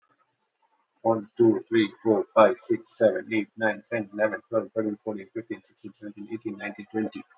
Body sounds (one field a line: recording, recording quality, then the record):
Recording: counting at a fast pace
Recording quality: excellent, no background noise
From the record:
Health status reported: healthy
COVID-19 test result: not tested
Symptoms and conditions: cold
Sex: male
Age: 38 years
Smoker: not ticked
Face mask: not worn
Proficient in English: yes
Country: India